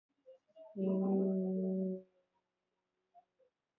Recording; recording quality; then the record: sustained vowel as in beet; excellent, no background noise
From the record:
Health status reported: COVID-19 positive, moderate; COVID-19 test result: positive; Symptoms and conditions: cough, cold, fever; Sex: male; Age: 34 years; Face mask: worn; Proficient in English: no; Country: India